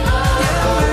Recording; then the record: coughing mixed with background sound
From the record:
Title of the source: 1125 Coughing SOUND Effect